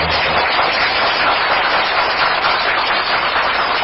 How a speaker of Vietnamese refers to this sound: Và hôm nay là lần đầu tiên thầy Pháp Hòa giảng ở tiểu bang này. Phật tử cho một tràng vỗ tay.